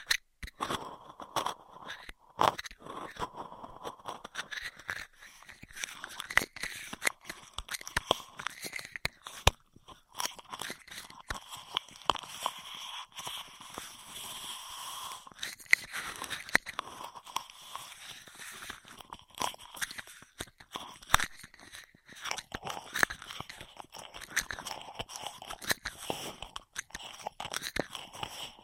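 Straw sounds: a dense, irregular run of crisp crinkles and crunches fills the whole stretch, with sharp clicks and snaps scattered throughout. Bright, papery rustling rises and falls without pause, and there is little low sound beneath it.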